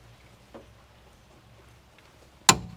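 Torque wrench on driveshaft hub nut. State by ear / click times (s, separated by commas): torque reached / 2.5 s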